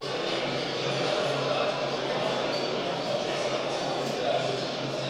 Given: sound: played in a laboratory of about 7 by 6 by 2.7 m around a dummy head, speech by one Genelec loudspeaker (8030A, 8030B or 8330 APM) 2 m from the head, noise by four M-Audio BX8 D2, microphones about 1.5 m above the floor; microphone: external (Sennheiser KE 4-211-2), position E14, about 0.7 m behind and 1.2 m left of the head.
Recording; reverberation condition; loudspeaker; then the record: cafeteria noise; high; four, about 170 cm from the corners of the room and facing them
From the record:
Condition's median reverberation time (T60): about 1300 ms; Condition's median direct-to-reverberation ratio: about -4.0 dB